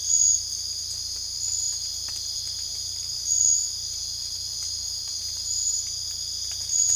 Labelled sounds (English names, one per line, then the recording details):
none
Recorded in secondary vegetation near Puerto Asís, Putumayo, Colombia, on 16 December 2024 at 05:00
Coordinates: 0.499, -76.323
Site G010